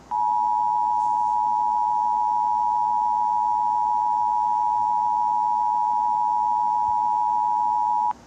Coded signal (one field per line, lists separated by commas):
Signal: Emergency Alert System (SAME) tones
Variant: 853 and 960 Hz attention tone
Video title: EAS Tornado Warning (PowerDirector video for @KittyUZutty)